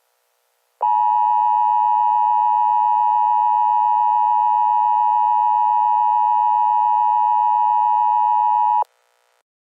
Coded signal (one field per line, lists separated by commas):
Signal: Emergency Alert System (SAME) tones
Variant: 853 and 960 Hz attention tone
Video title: EAS Scenario 1: The Pascagoula Plane Incident [Read Desc]